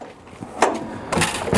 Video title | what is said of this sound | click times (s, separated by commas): 2020 Coachmen Catalina LE 243 RBS Travel Trailer • Guaranty.com | them in place just like that they lock into place | 0.6 s